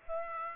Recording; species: mosquito wingbeat signal from an infrared sensor; Aedes aegypti